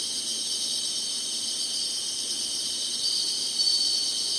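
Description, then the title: Steady shrill insect chorus, a fast buzzing trill that swells a little near the end. Summer. "SINGING INSECTS SUMMER"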